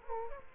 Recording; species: mosquito wingbeat signal from an infrared sensor; Culex quinquefasciatus